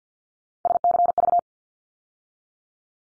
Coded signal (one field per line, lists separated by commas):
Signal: Morse code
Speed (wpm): 50 wpm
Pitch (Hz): 700 Hz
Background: none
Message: SCV